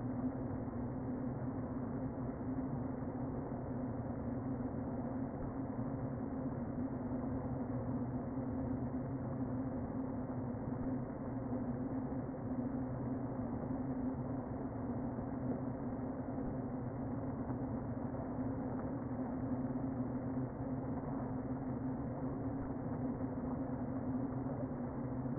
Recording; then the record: honeybee colony, microphone inside the hive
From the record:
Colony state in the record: queen present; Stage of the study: before two queens were removed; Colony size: about 60,000 bees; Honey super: yes